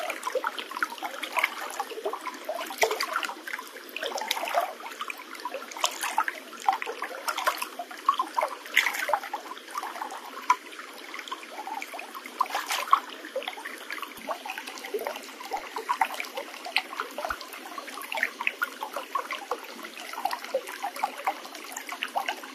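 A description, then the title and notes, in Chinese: A cold mountain spring trickles and bubbles, with a steady wash of running water under constant small splashes and droplet-like plinks. Brighter bursts of gurgling come every second or two across the whole clip, and the low end is cut away entirely. 静净冷泉流过身体的响动。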